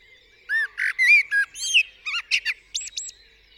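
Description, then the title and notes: Common blackbird song: a rich phrase of clear whistled notes and rising slurs, then shriller chattering and twittering elements, all within about two and a half seconds. Singing on a studio roof in the UK, 8 April 2020 around 7am, during Covid-19 lockdown; recorded with a parabolic dish, MKH50 and MKH30 microphones in M/S to a Sonosax R4+ recorder. "Blackbird On A Still Morning. I would like to share this recording I made this morning on the 8th April 2020 around 7am. A Blackbird singing on the roof of my studio"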